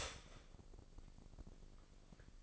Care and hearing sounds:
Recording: daily activity, microphone in the room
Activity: start toaster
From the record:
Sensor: 5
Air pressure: 1007.2 hPa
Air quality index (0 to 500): 128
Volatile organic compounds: 1 ppm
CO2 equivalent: 974 ppm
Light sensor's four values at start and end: 27/63/26/27 and 27/63/26/27

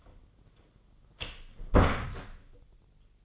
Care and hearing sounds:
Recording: daily activity, microphone in the room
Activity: close door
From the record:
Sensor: 4

